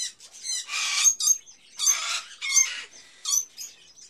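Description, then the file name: Birds giving loud harsh squawks in several bursts, with short chirps between them. Various birds in a pet shop, ambience. "Sound Ideas 2000 Series - Birds, Various Birds In A Pet Shop, Ambience"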